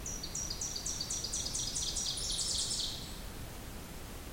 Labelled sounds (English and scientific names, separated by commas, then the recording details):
Ovenbird (Seiurus aurocapilla) song
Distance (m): 65 m
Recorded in boreal forest in Alberta, Canada, on 2 June 2016 at 06:48
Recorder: SongMeter 3, array SBT-3-7
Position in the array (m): 323 m, 119 m
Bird 44